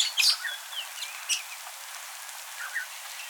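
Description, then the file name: Lovebird chirps: sharp, shrill squeaks in a quick cluster at the start, then scattered fainter chirps over steady background noise. "Morghe Eshgh"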